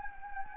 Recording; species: mosquito wingbeat signal from an infrared sensor; Anopheles gambiae